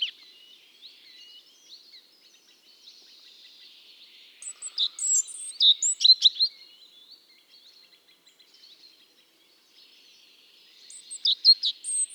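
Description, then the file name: European robin singing soft, thin, drawn-out warbling phrases broken by two sharper bursts of high twittering, the last near the end. "Erithacus rubecula"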